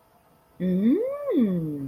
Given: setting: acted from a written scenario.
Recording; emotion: vocal sound without words; interest